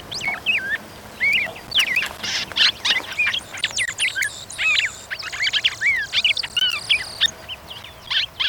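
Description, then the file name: Red-crested cardinal song, quick clear whistled up-slurs mixed with harsh buzzy chips, delivered in a lively continuous stream over faint background hiss. "suara angry bird red crested cardinal jeremy minns"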